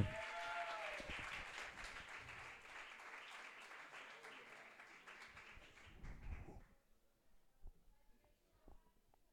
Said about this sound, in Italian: Un gran bel applauso